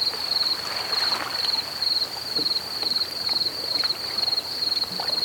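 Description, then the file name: Cricket chirping: evenly spaced high trilled pulses, about two per second, continuing without pause over soft background noise. Recorded at Cala Tuent. "Grills a Cala Tuent"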